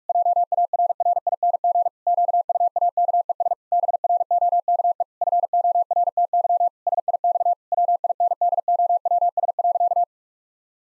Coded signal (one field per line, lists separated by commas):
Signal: Morse code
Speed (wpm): 46 wpm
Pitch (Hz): 700 Hz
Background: none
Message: JARRING QUAKES BROKE FORTY SIX WINDOWS.